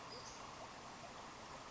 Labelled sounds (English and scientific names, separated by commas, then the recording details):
Western Flycatcher (Empidonax difficilis)
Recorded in Sonoma County, California